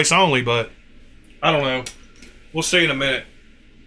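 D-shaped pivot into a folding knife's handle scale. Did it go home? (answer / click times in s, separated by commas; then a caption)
no / none. A D-shaped captive pivot is being fitted into the handle scale of a folding knife, a part that only goes in one way. Someone talks in three bursts, with faint handling noise between them. The pivot has not popped into place yet and nothing has seated or clicked by the end.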